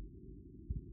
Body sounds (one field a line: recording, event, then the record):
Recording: neck accelerometer signal played as sound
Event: no cough (speech, laughter, throat clearing or background)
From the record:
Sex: male